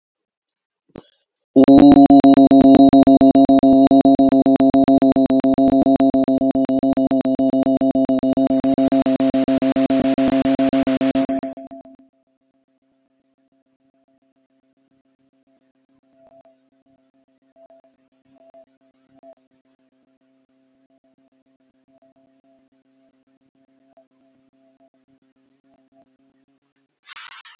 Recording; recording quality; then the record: sustained vowel as in boot; moderate, slight background noise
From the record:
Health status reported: healthy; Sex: male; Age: 25 years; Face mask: not worn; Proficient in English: yes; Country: India